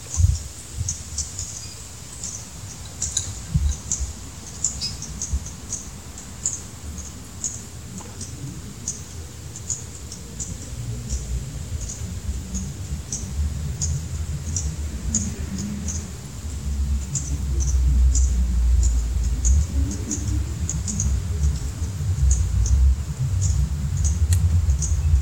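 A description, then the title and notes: Juncos cheep in a steady chorus, short high chips repeating about twice a second for the whole clip with little change. Beneath them runs a low, uneven rumble that grows heavier and louder from around seventeen seconds onward. A chorus of junko cheeps foraging in our back yard.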